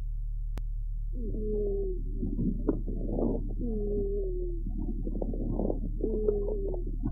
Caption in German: Pferd mit chronisch obstruktiver Bronchitis. Neben dem deutlichen inspiratorischen trockenen Rasseln und Knistern ein periodisch wiederkehrendes expiratorisches tieffrequentes Giemen hörbar.